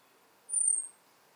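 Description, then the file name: European robin uttering a single drawn-out, very high whistle that slides gently downward, lasting about half a second over a quiet background. "Erithacus rubecula"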